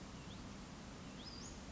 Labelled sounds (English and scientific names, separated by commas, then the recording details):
Western Flycatcher (Empidonax difficilis)
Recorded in Sonoma County, California